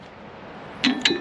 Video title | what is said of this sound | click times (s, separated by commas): Remise à neuf de la potence à eau | pense à vous montrer là il ya un petit clic team et on peut le descendre rapidement quand | 0.8 s, 1.1 s